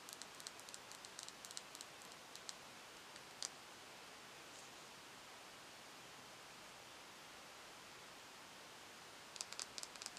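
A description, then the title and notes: Crinkling and light tapping: bursts of quick, crisp clicks cluster in the first two and a half seconds, with a lone sharper tap near 3.5 seconds, then return around 9.5 seconds. In between, a steady, soft hiss fills the background, rain-like. In this episode I will be "unboxing" my beauty bag and tapping on each product. Tapping & Crinkling Sounds - Crumpling, Tapping.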